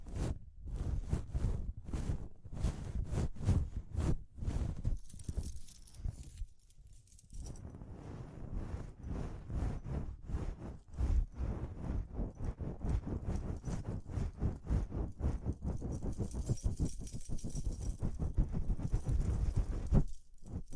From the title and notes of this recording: ASMR Relaxing Tapping, Scratching, Ear Cleaning with Jingling Sounds (No Talking).